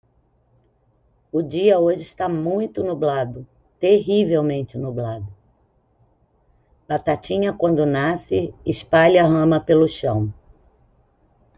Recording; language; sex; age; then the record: short text; Brazilian Portuguese; female; 50 to 59 years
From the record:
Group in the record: control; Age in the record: 56 years